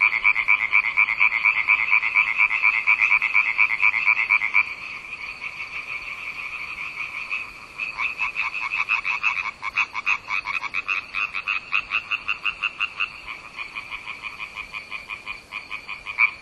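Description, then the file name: Frog chorus: loud rapid pulsed croaks at first, then quieter overlapping callers and uneven bursts of trilled croaking throughout. "zaby"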